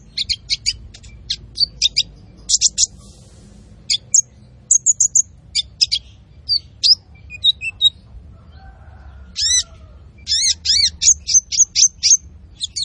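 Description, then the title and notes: Olive-backed sunbird song: scattered high sharp chips and brief whistles, then a lively run of zigzag notes and quick chirps toward the end. Masteran training recording of the kolibri ninja, a bird singing gacor, meaning lively and nonstop, with full fill-in phrases and bursts, used to lure birds and tutor other birds. "MASTERAN KOLIBRI NINJA TERBAIK FULL ISIAN DAN TEMBAKAN MEWAH COCOK BUAT PANCINGAN. Suara Burung Kolibri Ninja Gacor"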